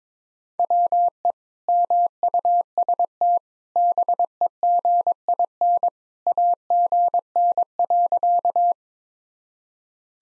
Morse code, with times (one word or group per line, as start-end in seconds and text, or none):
0.6-1.3 WE
1.7-3.4 MUST
3.8-5.9 BEGIN
6.3-8.7 AGN.